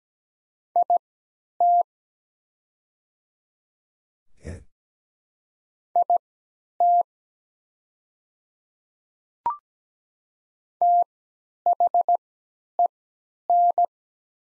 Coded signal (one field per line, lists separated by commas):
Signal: Morse code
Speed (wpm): 17 wpm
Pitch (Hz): 700 Hz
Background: none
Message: IT IT THEN